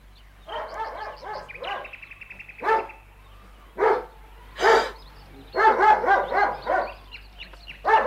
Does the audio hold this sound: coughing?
no